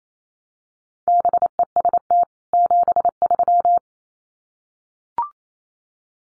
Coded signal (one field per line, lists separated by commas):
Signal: Morse code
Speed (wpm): 28 wpm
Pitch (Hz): 700 Hz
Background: none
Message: BEST 73